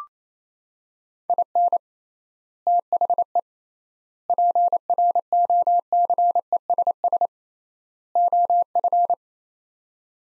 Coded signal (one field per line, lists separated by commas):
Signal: Morse code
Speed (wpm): 28 wpm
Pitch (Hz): 700 Hz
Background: none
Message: IN THE PROCESS OF